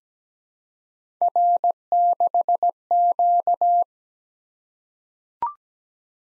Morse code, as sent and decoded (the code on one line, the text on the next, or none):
.-. -.... --.-
R6Q